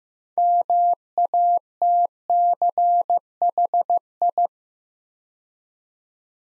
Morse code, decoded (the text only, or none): MATCHI